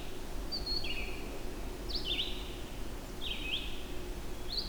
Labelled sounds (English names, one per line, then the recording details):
Red-eyed Vireo song
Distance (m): 40 m
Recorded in boreal forest in Alberta, Canada, on 25 June 2016 at 08:45
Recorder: SongMeter 3, array SBT-6-76
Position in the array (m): 183 m, 87 m